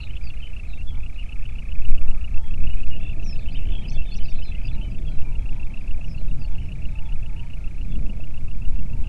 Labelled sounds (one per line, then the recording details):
songbird
waterfowl
wind
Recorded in the Prudhoe Bay oil fields, Alaska, on 8 June 2019 at 05:18
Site 30